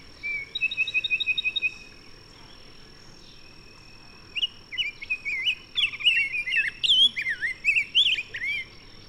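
Bird song: a quick run of thin repeated chirps, a pause, then a busy burst of clear whistled notes that swoop up and down, with a steady faint high tone throughout.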